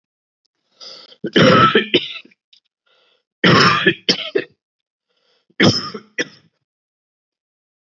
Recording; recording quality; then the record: heavy voluntary cough; moderate, slight background noise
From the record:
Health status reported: healthy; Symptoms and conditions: fatigue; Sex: male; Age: 39 years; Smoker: not ticked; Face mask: not worn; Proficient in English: yes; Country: India